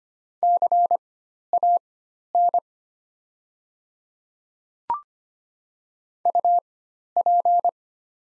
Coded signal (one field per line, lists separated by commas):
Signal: Morse code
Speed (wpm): 25 wpm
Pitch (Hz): 700 Hz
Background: none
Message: CAN UP